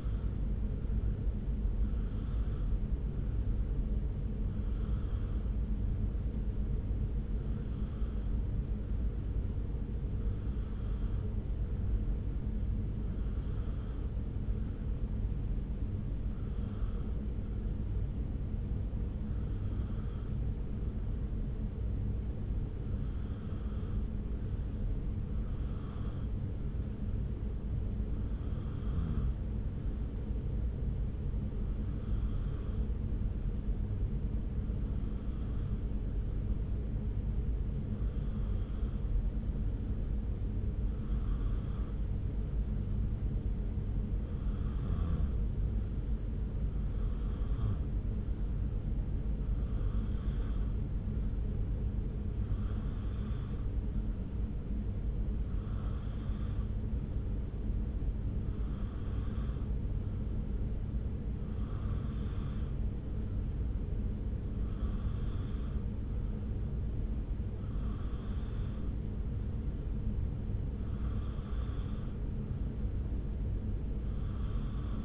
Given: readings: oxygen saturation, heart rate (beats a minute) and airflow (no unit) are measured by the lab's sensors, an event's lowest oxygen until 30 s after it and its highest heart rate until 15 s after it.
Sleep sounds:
breathing in sleep by a smartphone at the bedside; 1
18.00-69.20 s: hypopnea (N1, oxygen 96% highest, then 92% lowest)
19.00-75.05 s: new sleep stage, N2 (light sleep)
From the record:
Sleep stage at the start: N1 (lightest sleep); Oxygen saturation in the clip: 93 to 96%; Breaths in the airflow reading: 25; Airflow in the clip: -0.7 to 0.7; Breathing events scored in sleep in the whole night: 335 in 6.7 hours asleep

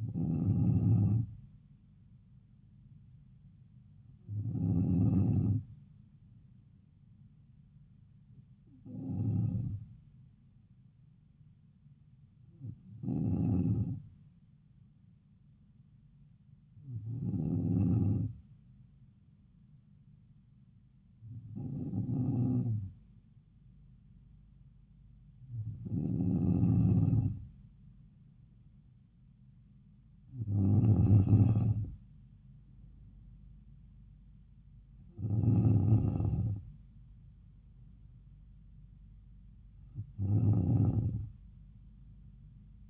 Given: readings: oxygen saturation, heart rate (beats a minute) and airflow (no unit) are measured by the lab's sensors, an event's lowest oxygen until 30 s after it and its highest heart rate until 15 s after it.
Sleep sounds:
breathing in sleep by a smartphone at the bedside; none
none scored
From the record:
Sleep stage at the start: N2 (light sleep); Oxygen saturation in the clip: 93 to 94%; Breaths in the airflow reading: 10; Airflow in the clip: -4.1 to 4.6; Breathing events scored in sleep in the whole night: 270 in 6.1 hours asleep

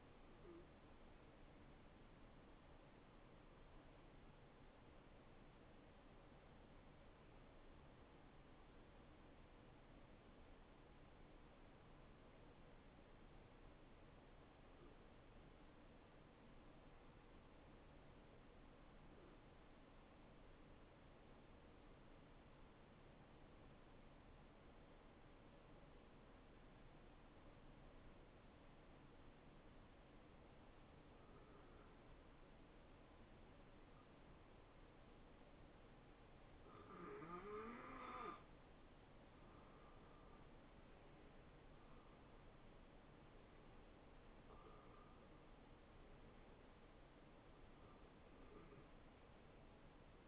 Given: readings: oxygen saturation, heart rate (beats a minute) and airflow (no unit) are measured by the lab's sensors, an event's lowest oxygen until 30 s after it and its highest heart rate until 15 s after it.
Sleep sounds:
breathing in sleep by a voice recorder at the bedside; 1
6.00-43.80 s: hypopnea (N1, oxygen 95% highest, then 88% lowest, heart rate 69 at the start, 75 highest)
25.00-50.28 s: new sleep stage, N2 (light sleep)
From the record:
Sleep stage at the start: N1 (lightest sleep); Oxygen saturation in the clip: 85 to 95%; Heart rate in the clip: 51 to 75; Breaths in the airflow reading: 5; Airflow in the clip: -17.1 to 11.8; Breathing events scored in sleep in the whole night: 263 in 5.5 hours asleep

